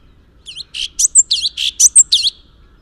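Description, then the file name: Orange-bellied leafbird song, a fast string of several loud, sharp, slurred high notes with squeaky accents, lasting under two seconds. "suara burung cucak cungkok orange bellied leafbird"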